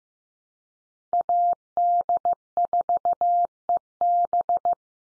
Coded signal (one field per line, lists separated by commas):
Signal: Morse code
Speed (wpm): 15 wpm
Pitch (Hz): 700 Hz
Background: none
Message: AD4EB